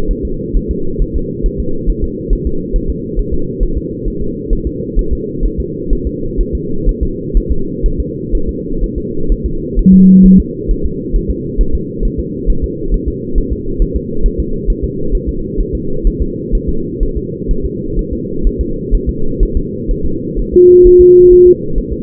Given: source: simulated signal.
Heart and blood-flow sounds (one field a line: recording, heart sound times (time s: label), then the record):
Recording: fetal heart sounds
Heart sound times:
0.11 s: S1
0.25 s: S2
0.57 s: S1
0.71 s: S2
1.02 s: S1
1.16 s: S2
1.46 s: S1
1.60 s: S2
1.90 s: S1
2.04 s: S2
2.33 s: S1
2.47 s: S2
2.76 s: S1
2.90 s: S2
3.19 s: S1
3.34 s: S2
3.63 s: S1
3.78 s: S2
4.08 s: S1
4.22 s: S2
4.53 s: S1
4.67 s: S2
4.99 s: S1
5.13 s: S2
5.45 s: S1
5.60 s: S2
5.93 s: S1
6.07 s: S2
6.41 s: S1
6.55 s: S2
6.89 s: S1
7.03 s: S2
7.37 s: S1
7.52 s: S2
7.86 s: S1
8.00 s: S2
8.35 s: S1
8.49 s: S2
8.84 s: S1
8.98 s: S2
9.32 s: S1
9.46 s: S2
9.79 s: S1
9.94 s: S2
10.26 s: S1
10.40 s: S2
10.71 s: S1
10.86 s: S2
11.16 s: S1
11.31 s: S2
11.61 s: S1
11.75 s: S2
12.05 s: S1
12.19 s: S2
12.50 s: S1
12.64 s: S2
12.94 s: S1
13.08 s: S2
13.38 s: S1
13.53 s: S2
13.82 s: S1
13.96 s: S2
14.26 s: S1
14.40 s: S2
14.70 s: S1
14.84 s: S2
15.15 s: S1
15.29 s: S2
15.61 s: S1
15.75 s: S2
16.07 s: S1
16.22 s: S2
16.55 s: S1
16.69 s: S2
17.03 s: S1
17.17 s: S2
17.51 s: S1
17.65 s: S2
17.99 s: S1
18.13 s: S2
18.47 s: S1
18.61 s: S2
18.94 s: S1
19.09 s: S2
19.43 s: S1
19.57 s: S2
19.91 s: S1
20.06 s: S2
20.39 s: S1
20.54 s: S2
20.87 s: S1
21.01 s: S2
21.33 s: S1
21.47 s: S2
21.78 s: S1
21.93 s: S2
From the record:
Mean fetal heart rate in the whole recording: 130 bpm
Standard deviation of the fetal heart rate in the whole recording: 4 bpm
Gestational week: 38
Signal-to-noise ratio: -8.1 dB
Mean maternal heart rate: 72 bpm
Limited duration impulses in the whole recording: present